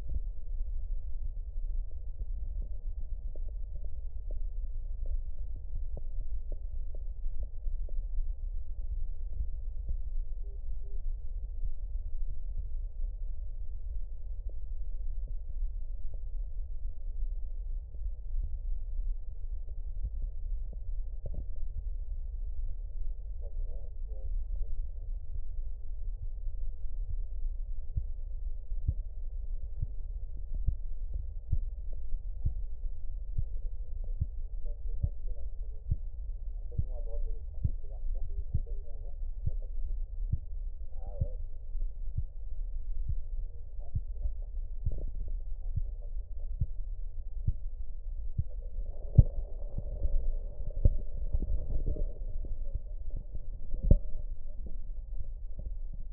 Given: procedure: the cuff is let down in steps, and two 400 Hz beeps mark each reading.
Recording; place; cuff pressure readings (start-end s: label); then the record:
Korotkoff sounds by stethoscope; brachial artery, at the lower edge of an arm cuff
10.44-10.96 s: 125 mmHg
38.30-38.82 s: 115 mmHg
From the record:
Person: healthy adult, 24 to 32 years, lying on the back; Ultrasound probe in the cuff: distal